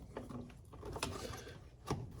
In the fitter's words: until it locks into place. Okay. Okay,